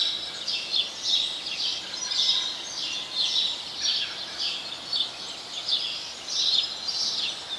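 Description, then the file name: House sparrow chirps in an uneven repeated series, with a constant hiss beneath. "Passer domesticus"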